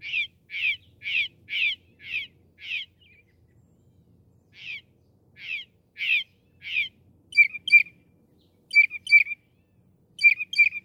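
Northern mockingbird song: a harsh buzzy phrase repeated several times, a pause, more of the same phrase, then sharp doubled chirps repeated in pairs.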